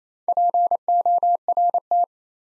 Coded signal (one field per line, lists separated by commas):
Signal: Morse code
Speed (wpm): 28 wpm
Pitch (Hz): 700 Hz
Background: none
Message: PORT